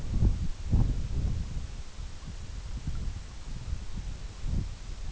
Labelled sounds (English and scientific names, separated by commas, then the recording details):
none
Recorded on Arctic tundra, site EABA-MC, on 21 June 2019
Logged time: 20:00